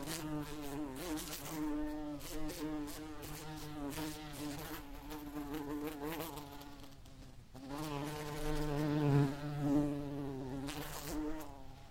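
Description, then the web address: Bee buzzing in flight: a steady, low droning hum with a wavering pitch that swells and fades, dips briefly midway, then grows louder again. "el agradable sonido del vuelo de una abeja"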